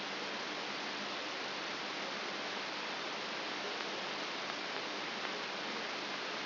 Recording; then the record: brain microelectrode recording played as sound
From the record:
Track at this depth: inside the subthalamic nucleus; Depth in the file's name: 3.302 mm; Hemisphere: left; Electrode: 3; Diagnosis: Parkinson's disease